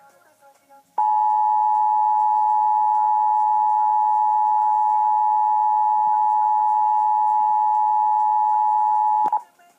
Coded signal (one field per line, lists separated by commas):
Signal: Emergency Alert System (SAME) tones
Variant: 853 and 960 Hz attention tone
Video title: Wow Wow Wubbzy Gets Interrupted By EAS Tornado Warning